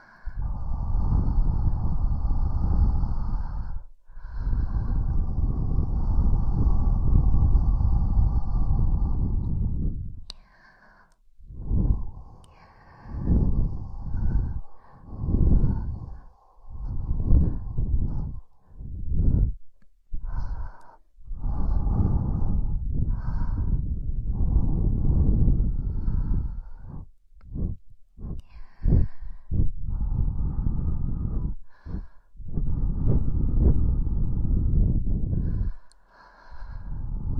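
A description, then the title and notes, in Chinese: Soft wind brushes past with a deep, breathy rush. It blows steadily for the first ten seconds, then breaks into short gusts with brief silent gaps between them, before settling into longer, fuller stretches toward the end. 轻柔的风 拂过耳畔。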